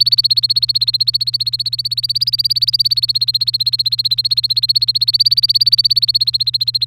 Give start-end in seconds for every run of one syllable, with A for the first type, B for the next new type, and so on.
0.00-6.86 A